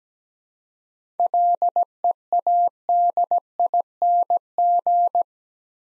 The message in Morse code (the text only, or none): LEADING